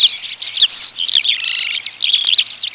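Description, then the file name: Eurasian skylark song, a fast stream of high, bright chirps, trills and slurred whistles with only brief gaps. Recorded in 2020. "ALLODOLA 2020"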